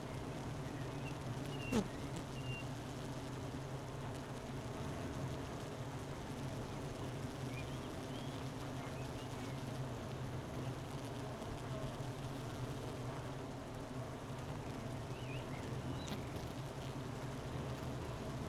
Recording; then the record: honeybee colony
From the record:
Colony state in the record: missing queen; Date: 31 May 2018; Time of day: 12:02